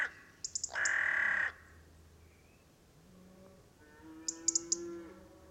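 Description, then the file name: Carrion crow call: one loud, rasping caw early on, followed by quieter tonal calls and a few sharp high clicks over a low steady hum. "Corvus corone"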